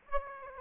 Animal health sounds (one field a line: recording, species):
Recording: mosquito wingbeat signal from an infrared sensor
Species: Aedes aegypti